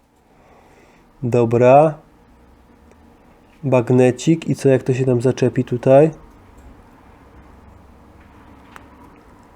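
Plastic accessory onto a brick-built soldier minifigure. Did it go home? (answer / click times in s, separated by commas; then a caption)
yes / 8.8 s. A small plastic accessory is pressed onto a construction-brick soldier minifigure from the COBI Soldiers of the Great War set (2051). Someone talks from about 1.2 to 2 s and again from 3.7 to 6.2 s, then after a quiet stretch a single short, sharp click at 8.8 s marks the piece snapping into place.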